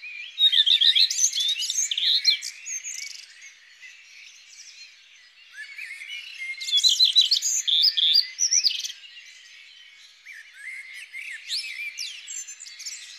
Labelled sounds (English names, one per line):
Common Redstart song